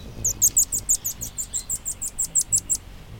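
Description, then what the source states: Marvelous Spatuletail calls: a rapid, even series of very high, sharp chips over faint low noise. Tiny hummingbird.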